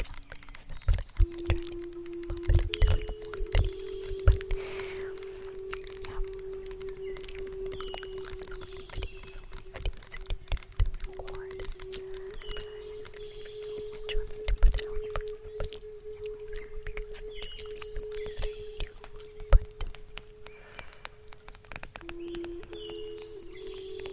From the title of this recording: Native Flute and Inaudible Whisper